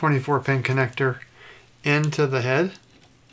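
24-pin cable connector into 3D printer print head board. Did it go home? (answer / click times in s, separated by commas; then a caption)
no / none. Someone talks while a 24-pin cable connector is handled at the socket on the print head board of an Ender-3 S1 Pro 3D printer, ready to be pushed in. Only two faint short ticks are heard near 3.0 and 3.3 s as the speech ends. The connector has not seated or clicked into place yet.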